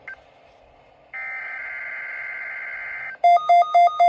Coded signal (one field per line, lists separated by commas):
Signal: Emergency Alert System (SAME) tones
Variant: header bursts